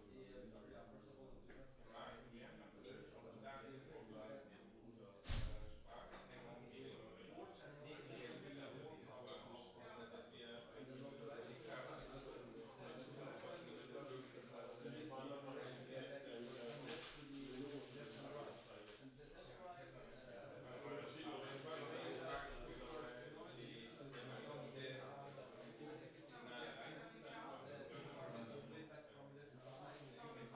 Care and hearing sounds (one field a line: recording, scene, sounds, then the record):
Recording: everyday scene through a hearing-aid microphone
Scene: many people talking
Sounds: many voices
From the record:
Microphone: in the ear canal, left